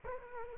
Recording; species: mosquito wingbeat signal from an infrared sensor; Culex quinquefasciatus